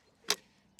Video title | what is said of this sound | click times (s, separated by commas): Kukirin M5 Pro Review (forget other seated scooters) | clicks back in, and then pop your safety pin back in. | 0.3 s